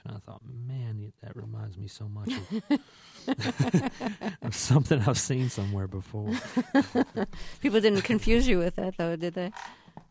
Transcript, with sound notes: and I thought, man, that reminds me so much of...
(LAUGHTER)
...something I've seen somewhere before.
(LAUGHTER)
People didn't confuse you with that though, did they?